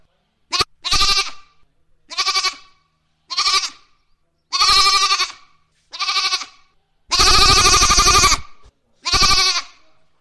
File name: funny goat